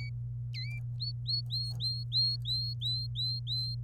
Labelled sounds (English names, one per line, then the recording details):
Domestic Canary song
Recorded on 27 April 2018 at 08:33
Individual llb3